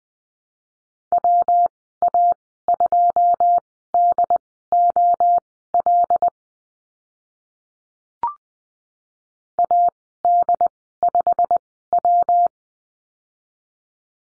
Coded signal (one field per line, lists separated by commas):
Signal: Morse code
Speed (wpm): 20 wpm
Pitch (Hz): 700 Hz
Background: none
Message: WA2DOL AD5W